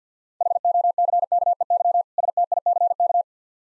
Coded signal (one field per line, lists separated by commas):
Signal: Morse code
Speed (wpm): 50 wpm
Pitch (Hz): 700 Hz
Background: none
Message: HOCKEY STICK